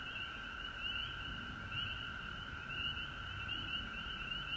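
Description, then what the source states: Frogs calling, a continuous trill and clusters of short rising peeps about once a second, with soft low background noise. Recorded at home in Georgia on March 19, 2020.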